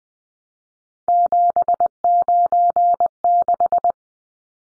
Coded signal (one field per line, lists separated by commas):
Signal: Morse code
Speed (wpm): 20 wpm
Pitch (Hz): 700 Hz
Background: none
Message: 796